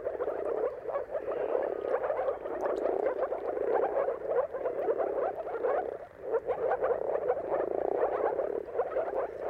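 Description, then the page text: Moor frogs chorusing, many soft gurgling pulses running together, with a brief dip in the sound about two-thirds through. Moor frogs giving mating calls in a chorus at sunrise, around the turn of March and April depending on the weather. "Dawn’s Chorus: Mating Calls of Marsh Frogs at Sunrise. Depending on the weather at the turn of March and April, you can witness an amazing spectacle of moor frogs. Jakub Orzecki"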